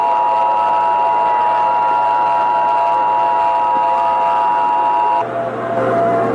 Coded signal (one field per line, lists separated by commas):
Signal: Emergency Alert System (SAME) tones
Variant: 853 and 960 Hz attention tone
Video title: EAS SCENARIO/ANALOG HORROR - Crash FM Catastrophe (4:3 Edition)